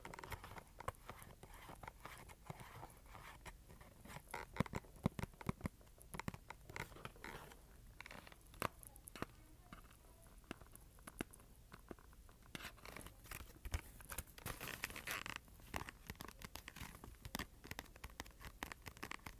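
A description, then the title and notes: Fingers scratch and tap on cardboard, dry. Dense, irregular bursts of scraping and crinkly patter run throughout, with sharp taps scattered unevenly and a livelier, brighter stretch after about twelve seconds. ASMR Scratching and Tapping Cardboard.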